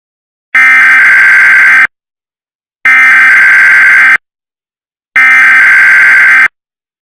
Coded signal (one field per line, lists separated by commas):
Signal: Emergency Alert System (SAME) tones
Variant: header bursts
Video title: C&C EAS Scenario - Part One: The Arrival